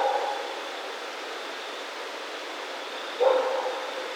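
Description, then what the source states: Raccoon producing one brief harmonic call near the end, after a fading sound at the start, with a steady high hum in the background. Recorded 28 October 2010.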